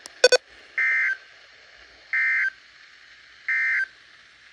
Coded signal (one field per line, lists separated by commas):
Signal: Emergency Alert System (SAME) tones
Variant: end-of-message bursts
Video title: Eas #7-#8